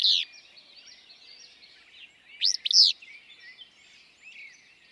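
Willow flycatcher giving a sharp note, then an emphatic burry two-part phrase, while other birds chatter softly in the background.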